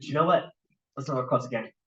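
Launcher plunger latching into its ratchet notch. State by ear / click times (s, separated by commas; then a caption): not seated / none. A projectile launcher's spring is being compressed further, with its plunger handled toward the next latch notch of its ratchet. Someone talks in two bursts with a pause between them. Nothing has seated or clicked yet.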